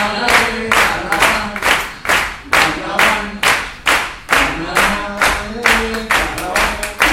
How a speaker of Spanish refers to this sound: Y empiezan todos con las palmas.